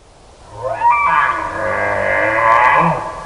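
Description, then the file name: Moose call, a drawn-out wavering nasal moan rising at the start and sustained for nearly three seconds, rich in overtones, over faint background hiss. "Alce"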